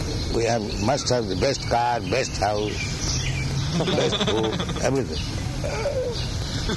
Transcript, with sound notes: We must have the best car, best house, the best food, [laughter] everything.